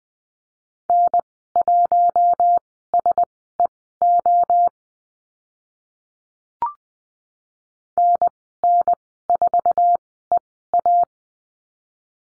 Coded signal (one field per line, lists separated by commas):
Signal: Morse code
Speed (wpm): 20 wpm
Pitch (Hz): 700 Hz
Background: none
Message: N1SEO NN4EA